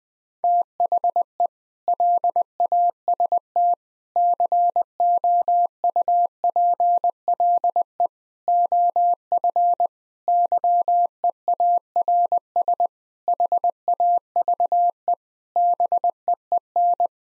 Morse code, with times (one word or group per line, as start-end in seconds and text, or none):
0.4-1.5 THE
1.9-3.7 LAST
4.2-8.1 COUPLE
8.5-9.9 OF
10.3-12.9 YEARS
13.3-15.1 HAVE
15.6-17.1 BEEN